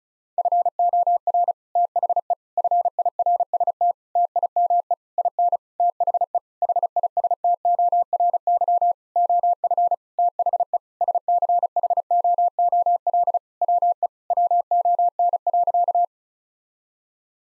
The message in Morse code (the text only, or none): FOR THE FIRST TIME IN THE HISTORY OF THE SCHOOL WE WON.